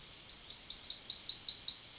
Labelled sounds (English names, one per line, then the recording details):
Yellowhammer song
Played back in forest
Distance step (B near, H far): B
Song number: 054